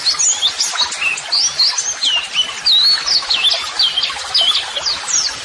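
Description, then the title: White-eye song of looping, wavering whistles strung together, backed by quick high chirps throughout. Masteran (model song) audio for training white-eyes, described as therapy audio meant to make a bird answer at once; 'gacor' meaning a vigorously singing bird. "Pleci Gacor. LANGSUNG NYAUT MASTERAN AUDIO TERAPI PLECI"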